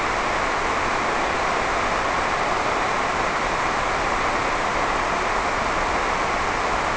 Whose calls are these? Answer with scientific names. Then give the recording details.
none. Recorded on Arctic tundra, site NAIT-1, on 28 June 2018. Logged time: 11:00